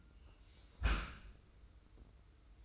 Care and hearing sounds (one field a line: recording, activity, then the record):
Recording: daily activity, microphone in the room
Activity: close dishwasher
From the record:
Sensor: 2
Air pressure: 990.3 hPa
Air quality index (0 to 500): 207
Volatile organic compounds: 1000 ppm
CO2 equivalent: 6645 ppm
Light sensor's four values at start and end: 25/59/24/24 and 25/59/24/24